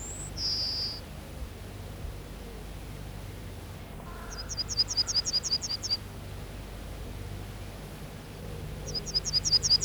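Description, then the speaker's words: Yellowhammer song: a drawn-out high note, then a fast run of thin, high repeated notes, repeated later, over soft background noise. Often a seven-part song, rendered 'tsi-tsi-tsi-tsi-tsi-tsi-fyy'. "Keltasirkku laulaa usein seitsemänosaisen laulun. Tsi-tsi-tsi-tsi-tsi-tsi-fyy."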